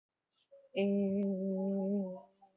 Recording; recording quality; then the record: sustained vowel as in made; excellent, no background noise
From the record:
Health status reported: COVID-19 positive, moderate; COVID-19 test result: positive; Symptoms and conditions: cough, cold, fever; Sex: male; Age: 34 years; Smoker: not ticked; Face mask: worn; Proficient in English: no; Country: India